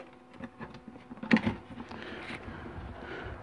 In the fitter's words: you heard that snap ring just pop loose